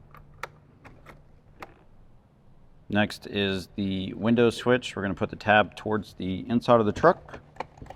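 A power window switch for a 2007–2013 Toyota Tundra is handled with its tab turned toward the inside of the truck, ready to go into the plastic door panel. Light plastic taps and clicks are heard while someone talks. Nothing has seated or clicked into place yet.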